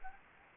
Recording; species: mosquito wingbeat signal from an infrared sensor; Anopheles arabiensis